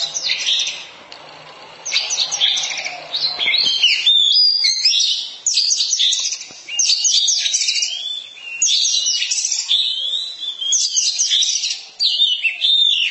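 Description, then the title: Oriental magpie-robin delivering a lengthy, complex song of fast, scratchy trills and whistled notes in repeated bursts. Long-duration song recording. "Kacer"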